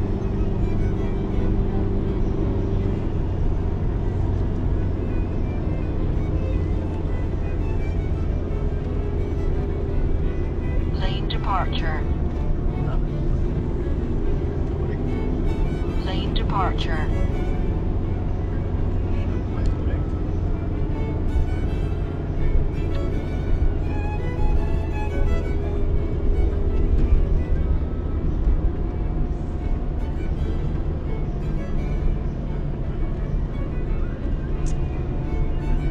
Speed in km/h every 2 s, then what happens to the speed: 76, 75, 70, 67, 64, 61, 59, 66, 72, 72, 68, 67, 66, 62, 58, 59, 58, 58.
0-11 slows to 59. 11-16 speeds up to 72. 18-28 slows to 58. 28-36 steady at about 58.